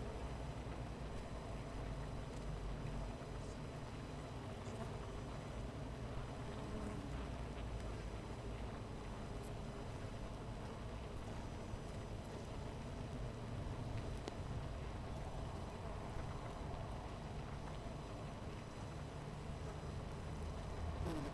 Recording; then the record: honeybee colony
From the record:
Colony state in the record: missing queen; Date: 14 July 2017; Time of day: 13:41